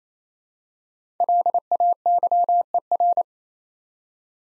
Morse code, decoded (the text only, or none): LAYER